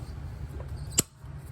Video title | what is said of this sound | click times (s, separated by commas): Shock Replacement and Lights | hear that click that's it that's that's that's our torque | 1.0 s